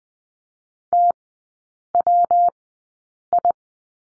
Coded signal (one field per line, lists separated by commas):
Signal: Morse code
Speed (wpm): 20 wpm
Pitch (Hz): 700 Hz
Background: none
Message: TWI